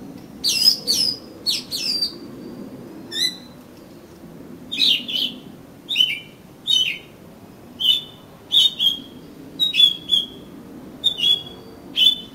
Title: Kacer Kacer